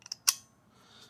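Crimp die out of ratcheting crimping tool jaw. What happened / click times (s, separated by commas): The metal die clicked free of the tool jaw / 0.3 s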